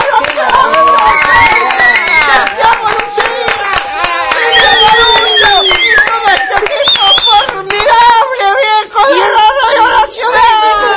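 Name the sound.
applause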